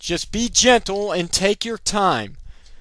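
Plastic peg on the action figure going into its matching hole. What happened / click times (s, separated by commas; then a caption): No seating pop yet; the plastic part is only being handled / none. During transformation of a Transformers Dark of the Moon Ultimate Optimus Prime action figure, a hinged plastic section is being gently closed so its plastic peg goes into the matching hole, a step expected to give a big pop without breaking. Someone talks for most of the clip, followed by quiet with a faint tick near 2.7 s. Nothing has seated or popped into place yet.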